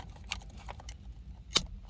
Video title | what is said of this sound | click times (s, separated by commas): 2007 toyota corolla cruise control replacement pt2 | Until you hear that click. | 1.6 s